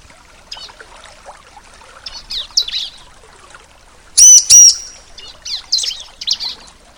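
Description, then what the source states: Bar-winged prinia song: soft chirps building to two loud clipped whistles, then further high chirping phrases. Nature therapy recording for a ciblek that has stopped singing ('macet').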